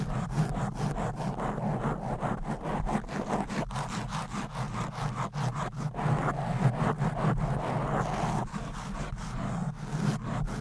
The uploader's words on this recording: Fast and Aggressive Mic Scratching - Brain Scratching with Long Nails. No Talking.